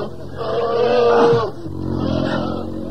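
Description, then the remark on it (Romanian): Bears growl and roar in two long, rough, throaty bursts, the first rising in strength before breaking off and the second rumbling on more steadily. Both are loud and harsh. “Urși! Vin urși!”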